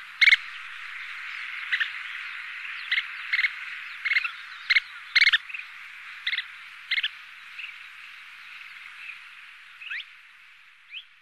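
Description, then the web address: Kentish plover calls: short, sharp notes at irregular intervals, some paired, over a constant rushing hiss. Sakhalin and Kuril Islands. "priroda sakhalina i kuril. Charadrius alexandrinus"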